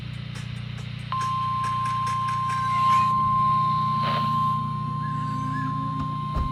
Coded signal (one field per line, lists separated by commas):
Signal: Emergency Alert System (SAME) tones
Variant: 1050 Hz attention tone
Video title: Breaking Records | EAS #601-613